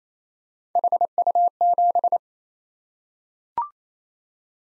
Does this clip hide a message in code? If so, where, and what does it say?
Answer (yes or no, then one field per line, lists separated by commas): yes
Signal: Morse code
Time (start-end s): 0.8-2.2 s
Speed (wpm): 28 wpm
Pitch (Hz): 700 Hz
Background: none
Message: HU7